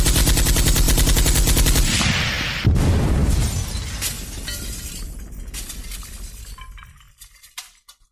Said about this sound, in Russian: Взрыв вынес в оконный проем остатки пластиковых рам и взметнувшуюся пыль, а следом мы прочесали комнату огнем из двух пулеметов, не давая уйти оглушенным упырям.